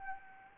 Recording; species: mosquito wingbeat signal from an infrared sensor; Anopheles arabiensis